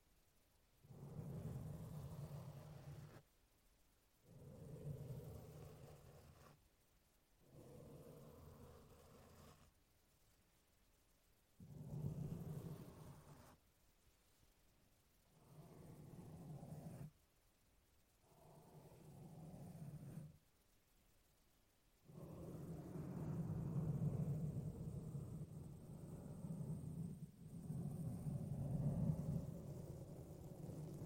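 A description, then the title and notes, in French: Brushing strokes across a microphone, made in separate bursts of a second or two with silent gaps between them. Each stroke is a low, rough rumble with a soft scratchy hiss above it. Near the end, longer continuous brushing runs for several seconds. ASMR - 30 minutes de brushing. Brushing sur le micro (avec et sans bonnette).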